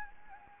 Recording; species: mosquito wingbeat signal from an infrared sensor; Anopheles gambiae